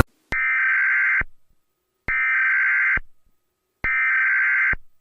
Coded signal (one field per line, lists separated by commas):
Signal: Emergency Alert System (SAME) tones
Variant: header bursts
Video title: EAS Scenario #7 - Moons Dreadful Reign